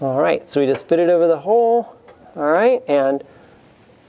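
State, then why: Not seated. The rubber-booted end of an ignition wire on a Porsche 356C is fitted over the hole of a distributor cap socket while someone talks. The wire end is handled but not yet pushed home, and nothing has seated or clicked yet.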